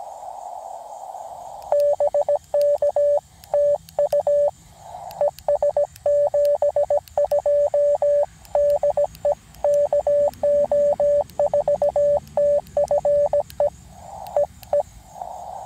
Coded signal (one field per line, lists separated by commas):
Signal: Morse code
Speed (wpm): 17 wpm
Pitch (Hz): 580 Hz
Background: radio noise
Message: BK TU ES 72 DE KO4TFE EE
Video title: CW QRP POTA | Redemption after first failed activation?!? #cw #qrp #hamradio